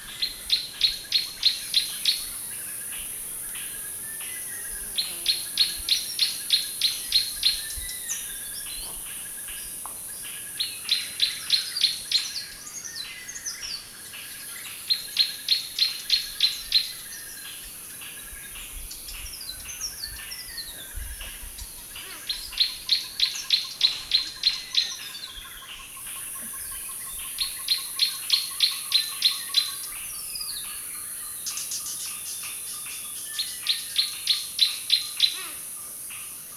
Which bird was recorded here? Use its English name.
Green-backed Camaroptera